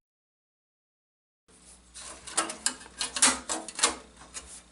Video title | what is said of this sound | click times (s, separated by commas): Build a PC | we're just going to pop that into place now. | 2.7 s